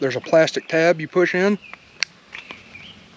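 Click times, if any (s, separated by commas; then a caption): 2.0 s. Someone talks, then the plastic takedown tab about an inch and a half into the magazine well of a Springfield Echelon pistol is pushed in and pops off with a sharp click at 2.0 s, freeing it for use as a punch. A few fainter handling taps follow.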